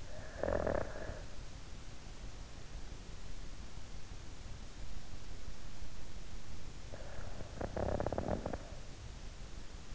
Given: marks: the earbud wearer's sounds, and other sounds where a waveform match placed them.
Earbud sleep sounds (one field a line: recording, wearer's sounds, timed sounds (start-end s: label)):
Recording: sounds in sleep by an in-ear microphone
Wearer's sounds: snoring breath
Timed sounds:
0.00-2.10 s: snoring breath
6.71-9.35 s: snoring breath